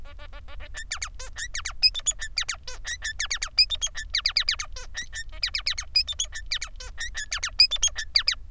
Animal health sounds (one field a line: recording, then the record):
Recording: song of a male Bengalese finch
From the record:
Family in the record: son of father 3